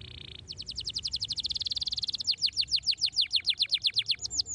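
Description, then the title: Canary song: a brief steady trill, then a long, very fast series of high descending whistled notes that slows into louder, spaced sweeps, over low background hum. Belgian canary song played to make young canaries active and singing. "Canto Para Esquentar Canário Belga. RANGSANGAN SUARA BURUNG KENARI GACOR - BIKIN KENARI MUDA JADI AKTIF BUNYI DAN BERKICAU"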